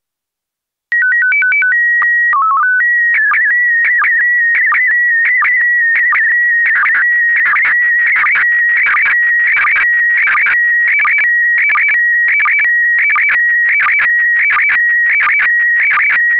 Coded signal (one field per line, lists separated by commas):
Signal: SSTV (slow-scan television)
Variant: PD 90